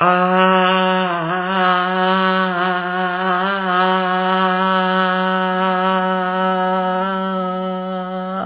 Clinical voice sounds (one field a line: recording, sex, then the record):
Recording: sustained vowel /a/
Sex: female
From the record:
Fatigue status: no fatigue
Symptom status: asymptomatic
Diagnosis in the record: COVID-19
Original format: 3gp